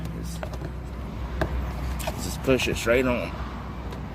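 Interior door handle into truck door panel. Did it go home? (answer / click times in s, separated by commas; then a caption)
no / none. An interior door handle is pushed straight onto the door panel of a 2010 Chevrolet Silverado truck while someone talks. Short taps are heard at about 0.4 s and 1.4 s. Nothing has seated or clicked yet.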